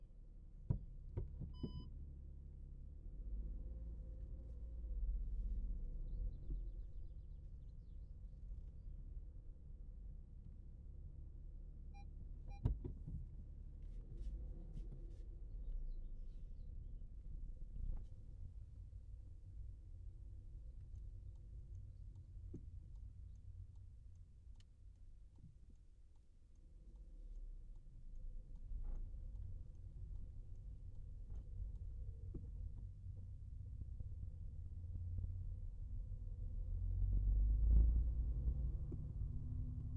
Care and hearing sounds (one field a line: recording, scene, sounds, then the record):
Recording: everyday scene through a hearing-aid microphone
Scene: in a vehicle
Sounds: driving off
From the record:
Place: Skoda Fabia, gasoline engine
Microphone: behind the ear, right, rear